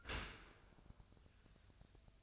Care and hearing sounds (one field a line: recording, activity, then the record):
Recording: daily activity, microphone in the room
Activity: open dishwasher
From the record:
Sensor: 2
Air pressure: 1004.6 hPa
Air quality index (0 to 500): 105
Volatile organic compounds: 2 ppm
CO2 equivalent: 1266 ppm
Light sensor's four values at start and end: 6/15/6/6 and 6/15/6/6